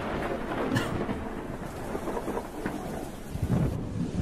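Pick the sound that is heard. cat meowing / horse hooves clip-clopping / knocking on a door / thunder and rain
thunder and rain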